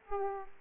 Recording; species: mosquito wingbeat signal from an infrared sensor; Aedes aegypti